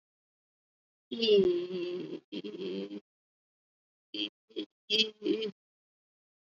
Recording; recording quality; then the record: sustained vowel as in beet; excellent, no background noise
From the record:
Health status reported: COVID-19 positive, moderate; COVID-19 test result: positive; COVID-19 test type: RT-PCR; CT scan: not taken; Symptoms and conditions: cough, cold, breathing difficulty, sore throat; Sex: female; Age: 51 years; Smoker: no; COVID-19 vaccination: both doses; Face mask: worn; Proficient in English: yes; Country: India